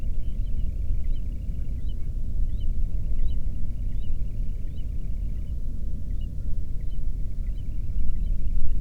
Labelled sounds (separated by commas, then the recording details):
waterfowl
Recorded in the Prudhoe Bay oil fields, Alaska, on 13 June 2019 at 00:35
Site 30